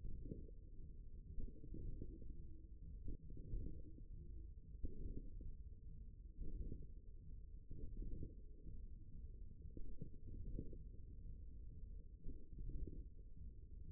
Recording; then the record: forearm muscle sounds (acoustic myography)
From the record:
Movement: hook grip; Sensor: system 1, eight BSWA MPA416 microphones around the upper forearm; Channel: 3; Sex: male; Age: 54 years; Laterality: right